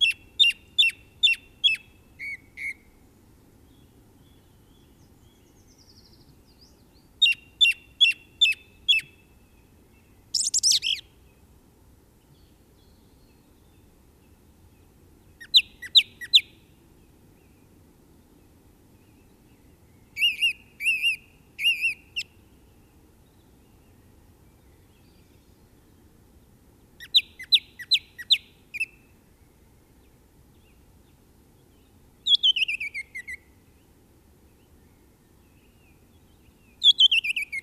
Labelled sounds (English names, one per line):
Song Thrush song